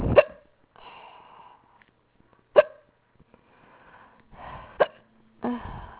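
Sharp, abrupt hiccups in an adult recur very fast, every 2 to 3 seconds, about 25 a minute, with faint breathing between them; they came on with nothing bringing them on.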